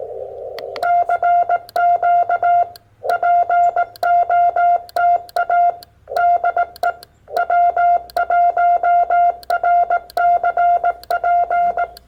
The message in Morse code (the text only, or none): CQ POTA DE W1RCP